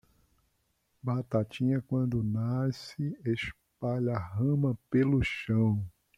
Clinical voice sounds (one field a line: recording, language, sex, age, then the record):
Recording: short text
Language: Brazilian Portuguese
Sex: male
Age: 50 to 59 years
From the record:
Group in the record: control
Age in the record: 59 years